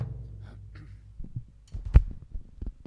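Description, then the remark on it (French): A Mustang's engine rumbles low and throbbing, its idle pulsing unevenly, with one sharp loud burst partway through before the lumpy, pulsing rumble continues. “La voiture qui m'a le plus impressionné dans ma vie, c'est ça, là.”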